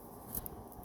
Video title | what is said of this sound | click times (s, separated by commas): make up tutorial | they like click in place when you shut them | 0.5 s